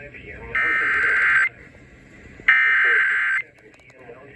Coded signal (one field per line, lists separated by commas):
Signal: Emergency Alert System (SAME) tones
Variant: header bursts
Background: speech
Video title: Severe Thunderstorm Warning EAS#508-510